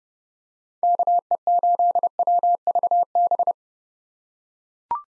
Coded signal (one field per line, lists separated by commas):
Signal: Morse code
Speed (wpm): 30 wpm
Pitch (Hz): 700 Hz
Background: none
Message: KE8WVB